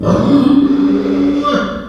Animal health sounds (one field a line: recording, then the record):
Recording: squeal of a Yucatan mini pig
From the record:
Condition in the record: after surgery on the right vocal fold (resection and tissue-engineered implant)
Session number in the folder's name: 16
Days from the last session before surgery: 183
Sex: female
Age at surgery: 19 weeks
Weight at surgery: 25 kg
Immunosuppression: prednisolone